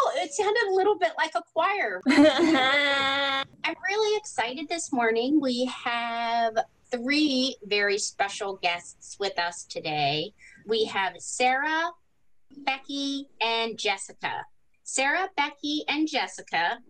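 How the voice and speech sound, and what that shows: A woman speaks clearly and fluently in a small room, warmly introducing three guests by name.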